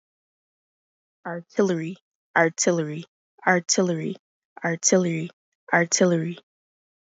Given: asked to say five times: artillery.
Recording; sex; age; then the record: repeated word; female; 20 to 29 years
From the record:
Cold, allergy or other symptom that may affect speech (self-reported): no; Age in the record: 23 years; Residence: New York, United States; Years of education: 12